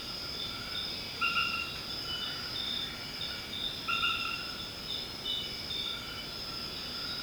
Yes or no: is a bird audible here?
no